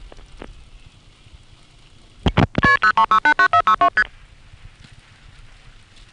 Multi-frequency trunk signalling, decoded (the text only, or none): KP03689462ST